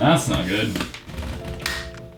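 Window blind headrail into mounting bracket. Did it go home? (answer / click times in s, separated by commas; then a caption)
yes / 1.7 s. A window blind headrail is re-clipped into its mounting bracket after a problem is noticed. Someone talks, then the headrail seats with a firm thud or click at 1.7 seconds. It is now properly clipped.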